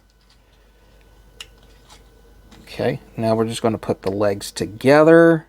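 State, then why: Not seated. The plastic leg halves of a Transformers Troop Builder Multipack Animated Universe Autotrooper robot figure are handled as they are brought together during transformation. Faint plastic ticks and one brief sharper tick near 1.4 s are heard, then someone talks. Nothing has seated or clicked yet.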